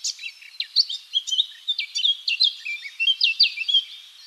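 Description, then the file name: Eurasian blackcap giving a fast run of high, sharp chirping notes over faint background twitter. "Sylvia atricapilla"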